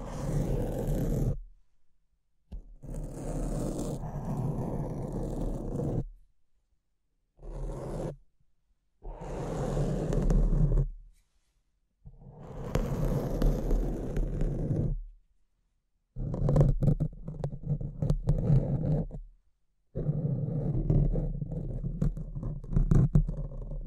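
Microphone scratching in rough bursts of a few seconds each, separated by total silences, with low rumbling scrapes and sharper crackles near the end.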